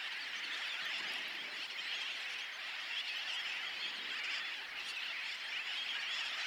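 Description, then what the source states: Many birds call at once, a steady, unbroken blur of shrill, overlapping notes that never drops away. Recorded at Bush Key, Dry Tortugas.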